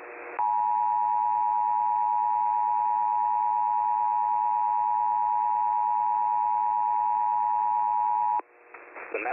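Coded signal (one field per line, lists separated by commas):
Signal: Emergency Alert System (SAME) tones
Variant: 853 and 960 Hz attention tone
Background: speech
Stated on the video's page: Real tornado and severe weather alerts for Middle Tennessee, including a Tornado Emergency, during a live outbreak.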